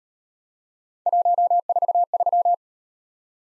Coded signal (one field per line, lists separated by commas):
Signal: Morse code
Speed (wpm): 37 wpm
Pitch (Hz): 700 Hz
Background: none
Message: 143